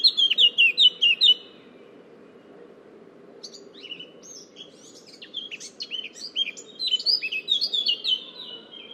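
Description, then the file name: Eurasian blackcap song: a fast burst of warbled notes in the first second and a half, then after a pause a longer chattering, scratchy warble with steady low background rumble. "Sylvia atricapilla"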